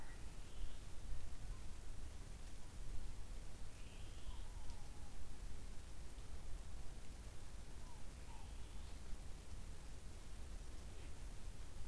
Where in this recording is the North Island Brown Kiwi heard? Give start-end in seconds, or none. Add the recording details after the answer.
none. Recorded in New Zealand on 24 November 2013. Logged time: 03:42. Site CF70